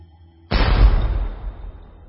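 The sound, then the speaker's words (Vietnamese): A single heavy blast of a ship's cannon firing a cluster shell into another ship's hull erupts after a brief quiet, a deep booming bang whose low rumble rolls on and slowly fades over the next second and a half. “Nòng pháo lóe ánh lửa, quả đạn pháo đã đâm lút vào thân tàu kia.”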